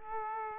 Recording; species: mosquito wingbeat signal from an infrared sensor; Aedes aegypti